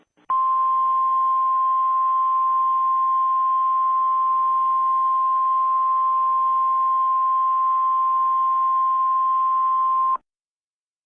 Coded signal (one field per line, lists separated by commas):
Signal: Emergency Alert System (SAME) tones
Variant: 1050 Hz attention tone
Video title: Possessed eas alert